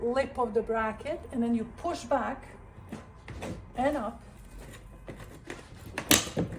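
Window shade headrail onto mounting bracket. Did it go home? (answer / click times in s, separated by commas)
yes / 6.0 s, 6.1 s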